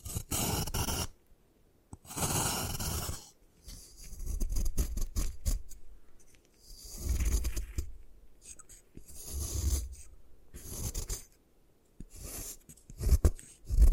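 Gym chalk is crushed and rubbed apart in repeated bursts, gritty scraping and crumbling strokes lasting a second or two each, with brief pauses between. The crunchy texture is bright and dry, and the last few seconds bring sharper, louder cracks and snaps.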